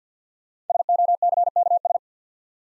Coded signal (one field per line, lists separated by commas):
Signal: Morse code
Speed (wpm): 53 wpm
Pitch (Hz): 700 Hz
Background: none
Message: SOCKS